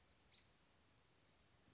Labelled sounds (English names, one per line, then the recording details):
American Robin
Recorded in Sonoma County, California